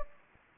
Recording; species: mosquito wingbeat signal from an infrared sensor; Anopheles gambiae